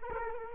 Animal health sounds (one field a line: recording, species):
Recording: mosquito wingbeat signal from an infrared sensor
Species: Culex quinquefasciatus